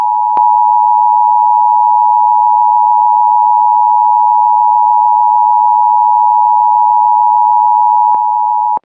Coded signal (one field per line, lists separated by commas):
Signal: Emergency Alert System (SAME) tones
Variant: 853 and 960 Hz attention tone